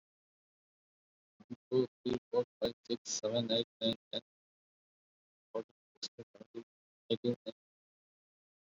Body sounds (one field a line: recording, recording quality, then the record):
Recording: counting at a normal pace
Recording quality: poor, much background noise or distortion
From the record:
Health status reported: COVID-19 positive, mild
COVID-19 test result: positive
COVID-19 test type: RT-PCR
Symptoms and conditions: fatigue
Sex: male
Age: 34 years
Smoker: no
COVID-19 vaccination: both doses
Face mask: worn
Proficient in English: yes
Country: India